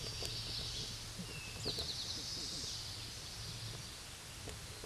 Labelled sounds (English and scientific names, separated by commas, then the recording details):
Eastern Towhee (Pipilo erythrophthalmus) song
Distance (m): 35 m
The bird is about 5 m below the microphone
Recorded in a Pennsylvania forest on 16 May 2024 at 09:51
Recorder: AudioMoth, point MSD-2007
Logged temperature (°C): 16.1 °C
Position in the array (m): 3 m, 44 m